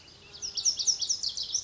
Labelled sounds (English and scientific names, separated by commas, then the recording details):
Lazuli Bunting (Passerina amoena)
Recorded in Sonoma County, California